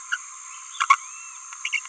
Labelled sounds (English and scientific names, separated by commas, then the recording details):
Green-rumped Parrotlet (Forpus passerinus) babbling
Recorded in a nest box in Venezuela
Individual 18B17A5